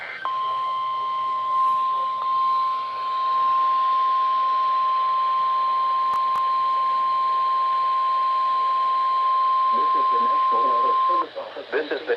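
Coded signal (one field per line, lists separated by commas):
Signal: Emergency Alert System (SAME) tones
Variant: 1050 Hz attention tone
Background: speech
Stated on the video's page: Possible required weekly test alert tones heard on a stream.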